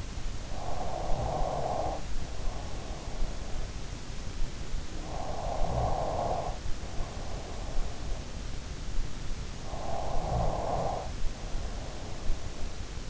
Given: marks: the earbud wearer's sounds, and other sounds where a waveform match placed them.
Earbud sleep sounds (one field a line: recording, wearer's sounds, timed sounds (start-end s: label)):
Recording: sounds in sleep by an in-ear microphone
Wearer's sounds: snoring breath, breath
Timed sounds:
0.00-3.50 s: snoring breath
4.53-5.10 s: snoring breath
5.01-8.10 s: breath
7.28-7.78 s: snoring breath
9.27-12.58 s: breath
9.86-10.63 s: snoring breath
12.51-13.10 s: snoring breath